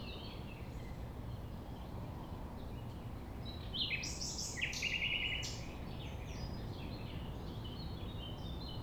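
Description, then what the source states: Common nightingale song: one short phrase of sharp notes and a rattling trill in the middle, with faint notes around it and steady low background noise. Recorded at 6 A.M. at sunrise near the Thève, Champ de Ménage; the nightingale sings without waiting for silence.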